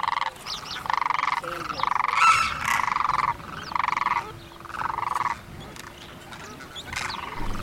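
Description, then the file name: Demoiselle crane calls: a series of harsh, rolling, rattled croaks in bursts of about half a second, repeated with short gaps. "Jungfernkranich-Demoiselle crane"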